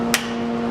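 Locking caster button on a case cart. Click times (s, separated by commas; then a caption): 0.1 s. The actuating button on a swivel caster of a hospital case cart is pressed to set the caster in its directional, locked position. A single sharp click at 0.1 s sounds over a steady low hum. The caster locks into place.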